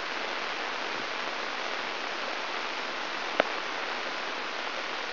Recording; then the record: brain microelectrode recording played as sound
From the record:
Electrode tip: inside the subthalamic nucleus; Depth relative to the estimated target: 1 mm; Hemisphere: right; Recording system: AlphaMap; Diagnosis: Parkinson's disease